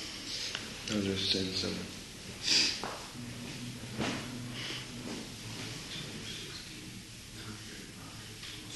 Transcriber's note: whispers to devotee aside to tell to get Vrindavan